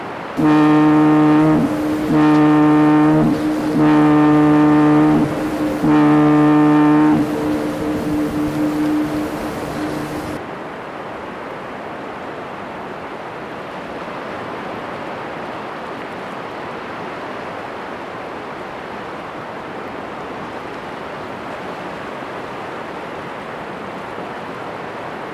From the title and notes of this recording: Background sound "North Sea at Night at Farnoe/Denmark" by pulswelle. Generated sound of Mew Island foghorn in Audacity.